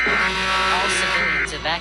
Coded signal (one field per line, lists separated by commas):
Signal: Emergency Alert System (SAME) tones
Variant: end-of-message bursts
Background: speech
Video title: pinewood builders eas scenario im scared😰